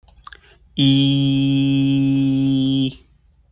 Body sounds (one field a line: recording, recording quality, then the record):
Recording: sustained vowel as in beet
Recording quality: excellent, no background noise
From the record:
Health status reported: exposed to COVID-19, no respiratory illness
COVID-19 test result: not tested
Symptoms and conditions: none ticked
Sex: male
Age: 26 years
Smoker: not ticked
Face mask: not worn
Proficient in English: yes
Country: United States